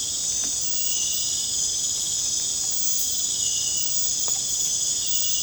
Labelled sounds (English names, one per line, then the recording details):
none
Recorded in pastures near Puerto Asís, Putumayo, Colombia, on 22 December 2024 at 20:00
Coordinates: 0.466, -76.322
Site G040